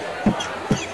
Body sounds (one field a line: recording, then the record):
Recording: coughing mixed with background sound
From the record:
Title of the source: Dry Coughing Fit in the Afternoon.